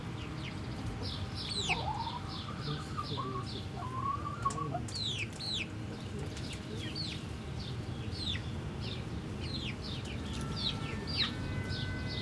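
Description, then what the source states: Chicken chicks cheeping with many high falling peeps, a lower wavering whistle briefly in the first seconds, steady low hum behind. Hens and chicks in the henhouse of the Atelier 34zero museum garden, Jette, Brussels, Belgium; recorded with DPA 4060 microphones in AB position into a Zoom F3.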